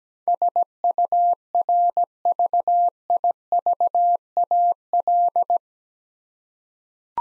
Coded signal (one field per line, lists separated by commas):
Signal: Morse code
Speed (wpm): 17 wpm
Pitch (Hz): 700 Hz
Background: none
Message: SURVIVAL